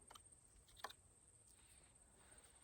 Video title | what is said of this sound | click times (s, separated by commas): Barnett Hyper Raptor BCX Long Term Review | And then, always, always, always with this, make sure you push it in until you hear it click, | 0.8 s